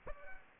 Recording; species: mosquito wingbeat signal from an infrared sensor; Aedes aegypti